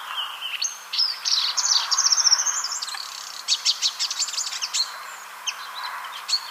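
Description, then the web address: Marsh warbler song, a rapid jumble of high whistles, scratchy notes and clicking chirps. "ljud Acrocephalus palustris"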